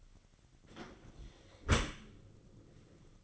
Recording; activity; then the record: daily activity, microphone in the room; close dishwasher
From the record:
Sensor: 4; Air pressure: 1003.9 hPa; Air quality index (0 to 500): 146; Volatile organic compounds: 2 ppm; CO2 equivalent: 1041 ppm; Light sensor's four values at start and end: 18/43/18/18 and 19/45/18/19